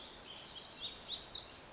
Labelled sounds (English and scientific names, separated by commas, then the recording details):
Black-throated Gray Warbler (Setophaga nigrescens)
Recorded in Sonoma County, California